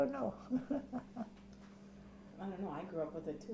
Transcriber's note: she laughs